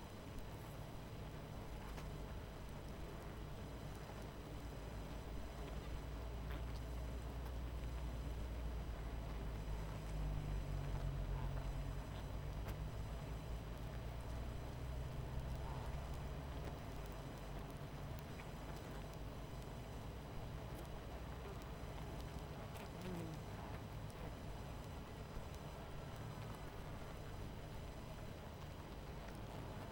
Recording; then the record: honeybee colony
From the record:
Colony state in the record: missing queen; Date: 14 July 2017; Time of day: 22:44